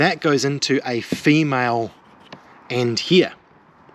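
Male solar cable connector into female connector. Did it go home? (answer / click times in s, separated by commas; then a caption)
no / none. A male solar panel cable connector, plastic and sealed with O-rings, is handled as it is brought toward its female counterpart while someone talks. A few faint soft handling noises come between the speech. Nothing has seated or clicked yet.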